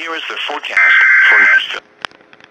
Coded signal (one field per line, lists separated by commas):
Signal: Emergency Alert System (SAME) tones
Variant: header bursts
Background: speech